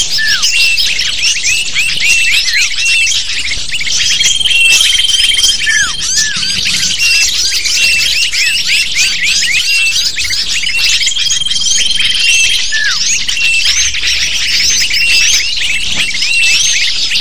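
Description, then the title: Lovebird flock calling for the whole stretch, a busy wall of high squeaks and twitters, with brief steady whistles around five and twelve seconds. Lure sound used to attract lovebirds. "PIKAT BURUNG LOVEBIRD"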